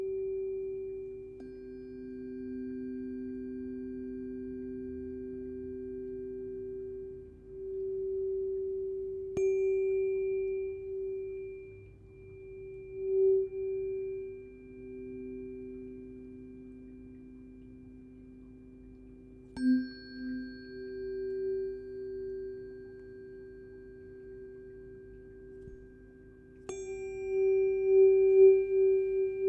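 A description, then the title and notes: Tuning forks ring in long, steady pure tones, with a strong mid pitch and a lower one sometimes held together. Fresh strikes land near 10, 20 and 27 seconds, each adding a brief bright ping as the humming sustains and slowly swells and fades. In this track she held one or two forks at the same time- sometimes in one ear, sometimes in both- creating this enveloping sound that pierces the brain. As the strike of the forks by a rubber mallet activate them, the room slowly disappears as they come closer to your ears for a few seconds.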